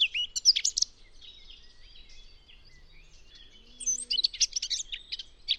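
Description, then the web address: Eurasian blackcap warbling song, a quick varied phrase, then soft chattering, then a rapid burst of sharp, jumbled notes, over faint low background hum. "cianscape birddata Deverinetal 2025"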